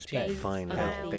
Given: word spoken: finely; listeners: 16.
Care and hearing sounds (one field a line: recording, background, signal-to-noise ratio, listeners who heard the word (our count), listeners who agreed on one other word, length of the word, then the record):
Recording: one English word in noise, from a listening test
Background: four-talker babble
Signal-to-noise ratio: -2.2 dB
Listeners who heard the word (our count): 2 of 16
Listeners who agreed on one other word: 6 of 16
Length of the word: 0.78 s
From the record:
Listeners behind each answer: 6, 2, 2, 1, 1, 1, 1, 1, 1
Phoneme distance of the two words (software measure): 38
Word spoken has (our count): 2 syllables, 5 phonemes, stress on syllable 1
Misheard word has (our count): 1 syllable, 3 phonemes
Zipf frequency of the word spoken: 3.75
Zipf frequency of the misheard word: 4.70